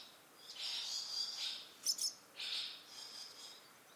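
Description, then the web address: Bird song, a high hissing trill that swells and fades, broken by two sharp bright notes in the middle, over faint background hiss. "Bird Only"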